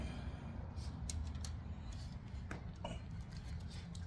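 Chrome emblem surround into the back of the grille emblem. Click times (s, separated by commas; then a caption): 1.1 s, 1.4 s, 2.5 s, 2.8 s. A chrome surround is pressed onto the back of a plastic grille emblem from a Cadillac CT6 during a mesh grille swap with monochrome emblems. Sharp clicks sound at 1.1, 1.45, 2.51 and 2.85 seconds over a steady low rumble as the clips engage. The surround ends up clipped in and seated.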